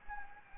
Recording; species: mosquito wingbeat signal from an infrared sensor; Anopheles gambiae